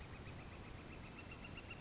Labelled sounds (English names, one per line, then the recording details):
Northern Flicker
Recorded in Sonoma County, California